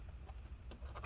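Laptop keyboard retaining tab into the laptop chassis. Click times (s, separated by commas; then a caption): 0.7 s. A plastic keyboard retaining tab on the keyboard bezel of an HP Compaq 6710b laptop is pushed back into place in the laptop chassis. A sharp click at 0.7 s marks the tab seating, with softer ticks around 0.3 s and 1.1 s against a low background hum.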